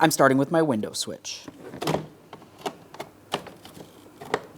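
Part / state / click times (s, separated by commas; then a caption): wiring harness connector into master window switch / seated / 4.3 s. Someone talks, then a wiring harness connector is pressed into the master window switch on an upside-down door panel from a 2011-2026 Mitsubishi Outlander, with a few soft handling ticks before it. A sharp click at 4.3 s marks the connector seating, and it is confirmed secure.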